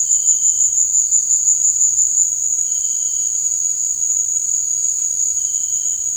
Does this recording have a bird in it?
no